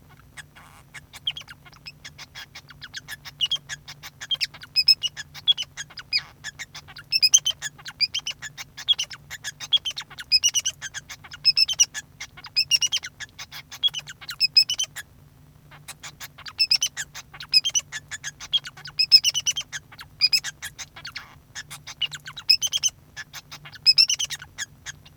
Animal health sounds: song of a male Bengalese finch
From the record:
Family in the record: son of father 2

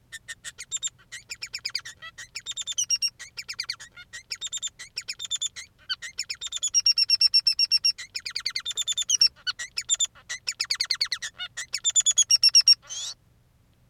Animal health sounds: song of a male Bengalese finch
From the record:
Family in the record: son of father 3

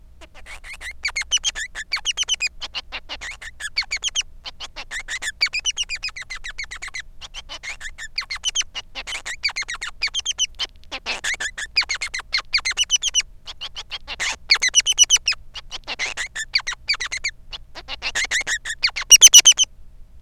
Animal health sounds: song of a male Bengalese finch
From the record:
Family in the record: son of father 3

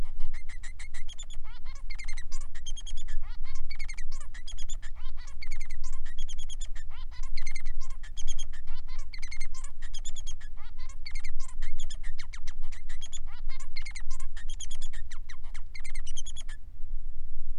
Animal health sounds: song of a male Bengalese finch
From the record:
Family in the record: son of father 3

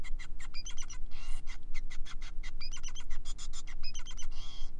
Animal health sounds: song of a male Bengalese finch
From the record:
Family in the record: son of father 5

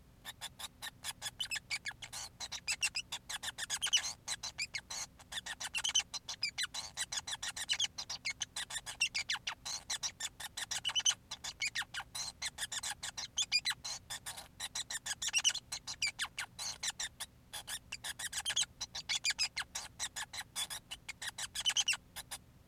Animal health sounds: song of a male Bengalese finch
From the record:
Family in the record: son of father 5

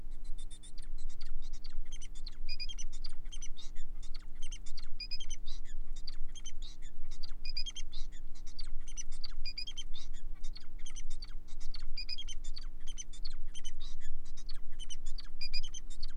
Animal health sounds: song of a male Bengalese finch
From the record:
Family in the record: son of father 4

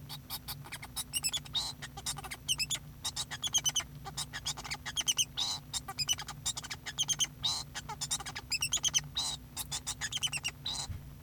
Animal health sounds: song of a male Bengalese finch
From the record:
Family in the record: son of father 2

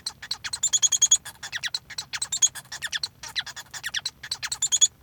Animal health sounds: song of a male Bengalese finch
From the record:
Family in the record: son of father 1

